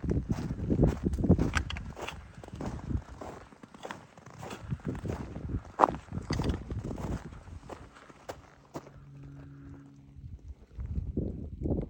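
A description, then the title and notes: Footsteps crunch on packed snow along a hiking trail, a quick, steady run of muffled, gritty steps with a sharper crunch near six seconds. The steps ease off around eight seconds, leaving a faint low steady hum, then the crunching resumes at the end. Winter hiking at Monadnock. A brief clip from today where I’m walking on a hiking trail with packed down snow, completely with crunchy snow sounds.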